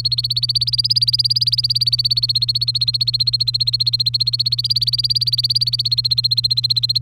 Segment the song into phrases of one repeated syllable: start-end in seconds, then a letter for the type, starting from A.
0.00-7.02 A